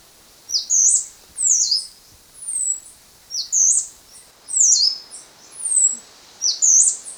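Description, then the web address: Stripe-headed brush-finch song: high, sweet whistled phrases with swooping notes, repeated roughly every second against light background hiss. Ecuador. "Birds of Ecuador. Stripe-Headed Brush-Finch"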